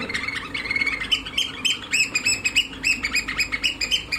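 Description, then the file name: Eurasian oystercatcher piping calls, shrill loud notes tumbling in a fast excited series. "Austernfischer"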